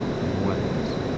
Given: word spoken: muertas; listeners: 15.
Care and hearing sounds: one Spanish word in noise, from a listening test; speech-shaped noise; -6.2 dB; 1 of 15; 11 of 15; 0.78 s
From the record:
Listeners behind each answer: 11, 1, 1, 1, 1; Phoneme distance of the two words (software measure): 10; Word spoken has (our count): 2 syllables, 7 phonemes, stress on syllable 1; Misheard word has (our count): 2 syllables, 7 phonemes, stress on syllable 1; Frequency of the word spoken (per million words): 8.93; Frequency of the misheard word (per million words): 17.33

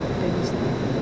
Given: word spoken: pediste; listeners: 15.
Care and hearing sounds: one Spanish word in noise, from a listening test; speech-shaped noise; -6.6 dB; 0 of 15; 8 of 15; 0.62 s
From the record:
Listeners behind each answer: 8, 1, 1, 1, 1, 1, 1, 1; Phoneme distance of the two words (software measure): 30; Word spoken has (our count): 3 syllables, 7 phonemes, stress on syllable 2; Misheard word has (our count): 3 syllables, 7 phonemes, stress on syllable 2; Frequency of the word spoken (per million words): 0.74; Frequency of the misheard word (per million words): 73.82

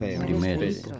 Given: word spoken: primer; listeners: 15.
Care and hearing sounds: one Spanish word in noise, from a listening test; four-talker babble; 0.6 dB; 2 of 15; 9 of 15; 0.60 s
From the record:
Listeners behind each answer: 9, 2, 1, 1, 1, 1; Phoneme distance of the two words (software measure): 7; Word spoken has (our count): 2 syllables, 6 phonemes, stress on syllable 2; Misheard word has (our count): 3 syllables, 7 phonemes, stress on syllable 2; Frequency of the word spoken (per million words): 458.30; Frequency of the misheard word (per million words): 237.49

